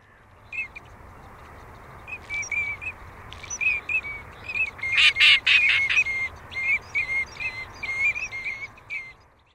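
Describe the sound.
Teal calls: a rapid series of short, high, chirping whistles, repeated several times a second and swelling louder mid-way before fading, over a quiet background.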